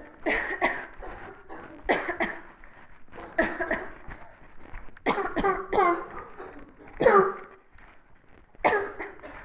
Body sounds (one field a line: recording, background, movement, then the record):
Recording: voluntary coughing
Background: a bystander coughing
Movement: walking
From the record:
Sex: female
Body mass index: 18.3 kg/m2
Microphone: on the chest, facing the body